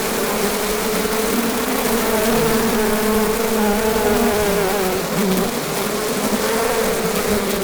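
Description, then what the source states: Bee in a loud, continuous drone, many wingbeats blending into one wavering hum that holds steady the whole time. About 12,000 bees; multi-channel recording.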